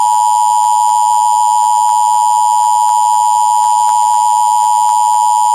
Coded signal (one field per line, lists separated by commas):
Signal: Emergency Alert System (SAME) tones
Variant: 853 and 960 Hz attention tone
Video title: The Tornado Of Decades (EAS scenario)